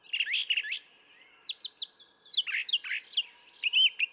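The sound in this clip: Brown thrasher song of quick slurred whistles and descending chirps, with rough buzzy phrases and short gaps between groups.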